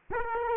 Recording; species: mosquito wingbeat signal from an infrared sensor; Aedes aegypti